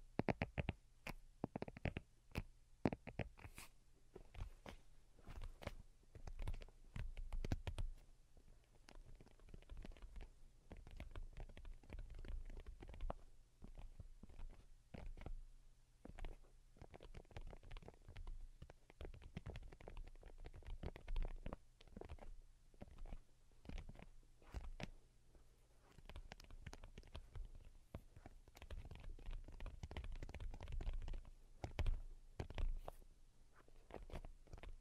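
Soft, delicate tapping runs throughout in quick irregular clusters of light clicks over a low steady hum, busier near the start and around thirty seconds.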